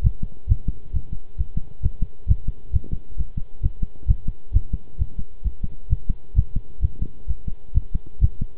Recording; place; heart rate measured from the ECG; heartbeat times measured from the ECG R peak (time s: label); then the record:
heart sounds by stethoscope; between the tricuspid and mitral areas; 132 bpm
0.03 s: heartbeat
0.48 s: heartbeat
0.93 s: heartbeat
1.38 s: heartbeat
1.83 s: heartbeat
2.28 s: heartbeat
2.73 s: heartbeat
3.17 s: heartbeat
3.62 s: heartbeat
4.08 s: heartbeat
4.53 s: heartbeat
4.98 s: heartbeat
5.44 s: heartbeat
5.89 s: heartbeat
6.36 s: heartbeat
6.82 s: heartbeat
7.27 s: heartbeat
7.74 s: heartbeat
8.21 s: heartbeat
From the record:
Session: pedaling a stationary bicycle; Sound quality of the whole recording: good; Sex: male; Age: 23 years